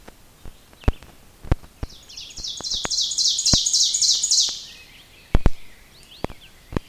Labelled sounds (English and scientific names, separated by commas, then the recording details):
Ovenbird (Seiurus aurocapilla) song
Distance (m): 15 m
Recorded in boreal forest in Alberta, Canada, on 5 June 2016 at 05:57
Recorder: SongMeter 3, array SBT-3-51
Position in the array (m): 271 m, 118 m
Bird 28